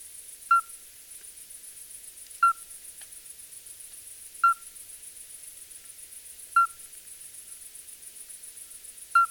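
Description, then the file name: Common midwife toad giving clear, piping single notes, repeated about every two seconds, five in all, with a constant high chirring drone behind. "crapaud accoucheur"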